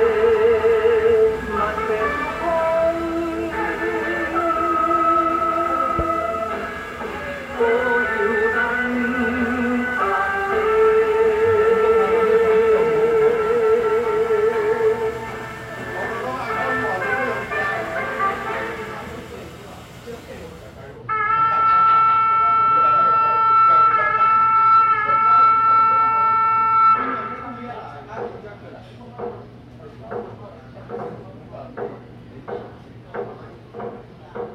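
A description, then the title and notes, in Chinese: A festival theme song plays on loop inside a temple's small main hall. For the first twenty seconds a voice-like melody runs over steady backing, then a loud bright sustained tone takes over until about 27 seconds, followed by regular rhythmic pulses to the end. 被民宅包圍的廟的小小主殿內，循環播放著慶典主題歌。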